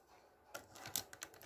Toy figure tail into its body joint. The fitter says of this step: guess it's kind of agreement um basically pull back clicks in place